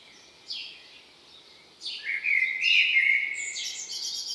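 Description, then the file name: Common blackbird giving a short note, then a warbling phrase that rises into a high, scratchy twitter, over constant background hiss. "Turdus merula"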